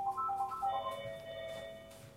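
A telephone rings with a bright electronic melody of quick high tones that shift into a steady sustained chime, playing alone over a faint low background hum.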